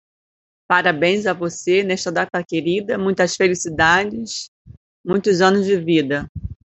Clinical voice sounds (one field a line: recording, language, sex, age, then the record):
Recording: short text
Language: Brazilian Portuguese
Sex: female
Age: 50 to 59 years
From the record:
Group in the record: control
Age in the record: 54 years